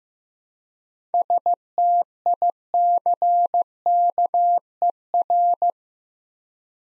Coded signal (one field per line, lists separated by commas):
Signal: Morse code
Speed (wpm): 15 wpm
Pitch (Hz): 700 Hz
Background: none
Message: STICKER